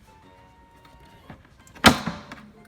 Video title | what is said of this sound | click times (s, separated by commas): [Sold!] For sale video review: 1956 Olympia SM3 with new platen | and then clicks | 1.9 s